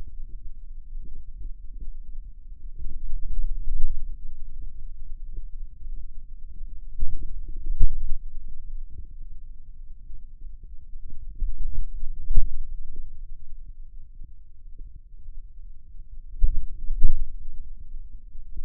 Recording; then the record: forearm muscle sounds (acoustic myography)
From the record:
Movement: wrist extension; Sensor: system 2, bracelet of six BSWA MPA416 microphones around the upper forearm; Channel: 6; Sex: male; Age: 22 years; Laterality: right